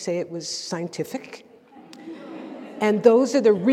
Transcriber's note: students laughing